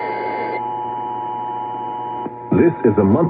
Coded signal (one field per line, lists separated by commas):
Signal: Emergency Alert System (SAME) tones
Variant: 853 and 960 Hz attention tone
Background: speech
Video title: KSL YOU DIDN’T FAIL ME THIS TIME! | Required Monthly Test EAS#419-423